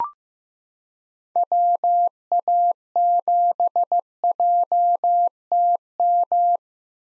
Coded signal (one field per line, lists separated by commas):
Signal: Morse code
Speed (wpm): 15 wpm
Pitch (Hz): 700 Hz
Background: none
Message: WA7JTM